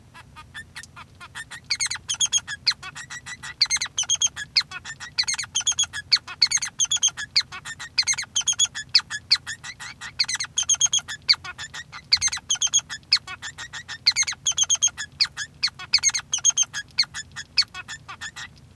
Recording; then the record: song of a male Bengalese finch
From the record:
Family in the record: son of father 3